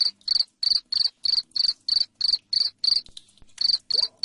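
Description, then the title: Cricket chirps, shrill and buzzy, coming in a regular string of roughly three per second with one brief break near the end. Loud cricket chirping (jangkrik ngerik), used to make lovebirds sing ngekek continuously. "Suara JANGKRIK NGERIK Keras Bikin LOVEBIRD Jadi NGEKEK Terus Vubey"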